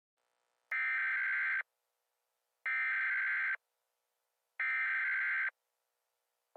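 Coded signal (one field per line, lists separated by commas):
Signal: Emergency Alert System (SAME) tones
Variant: header bursts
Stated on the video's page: Fictional EAS scenario, not a real alert.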